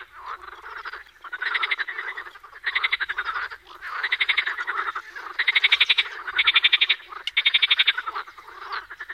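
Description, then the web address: Edible frog calling in rattling bursts of rapid pulses, each about a second long, separated by short pauses. "Fotoim Hangok Pelophylax kl esculentus"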